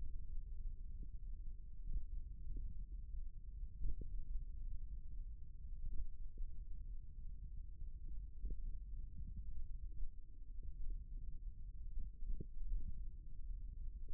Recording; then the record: forearm muscle sounds (acoustic myography)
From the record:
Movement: thumb flexion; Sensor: system 1, eight BSWA MPA416 microphones around the upper forearm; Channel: 8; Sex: male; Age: 54 years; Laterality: right